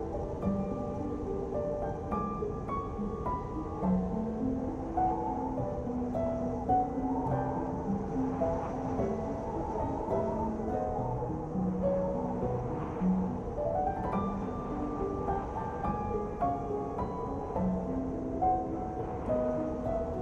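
A winter blizzard roars steadily beneath soft music, a dense low rushing that never lets up. Over it, slow sustained tones and gentle melodic notes change every second or so, staying mostly in the low and middle range with little brightness on top.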